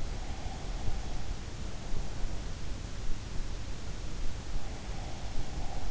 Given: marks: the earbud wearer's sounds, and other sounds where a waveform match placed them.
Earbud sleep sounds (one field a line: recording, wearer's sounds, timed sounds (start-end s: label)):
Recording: sounds in sleep by an in-ear microphone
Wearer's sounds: breath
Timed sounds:
0.30-1.31 s: breath
4.97-5.90 s: breath